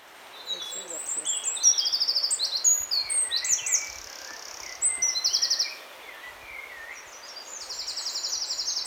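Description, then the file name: Eurasian wren song: rapid, high, tumbling phrases with several fast metallic trills and sharp chips, pausing briefly before starting again, with faint background hiss. "Troglodytes troglodytes"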